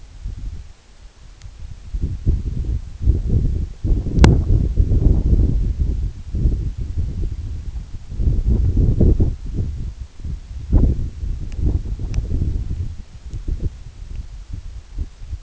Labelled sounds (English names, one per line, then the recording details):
none
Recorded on Arctic tundra, site EABA-1, on 29 June 2018
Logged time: 20:00